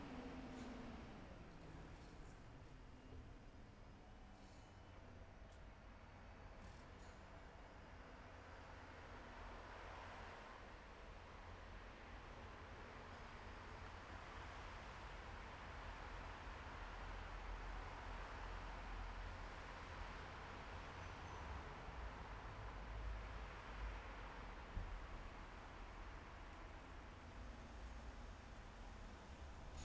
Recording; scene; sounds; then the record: everyday scene through a hearing-aid microphone; in traffic; traffic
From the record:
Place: bus stop on a city main road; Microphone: behind the ear, left, rear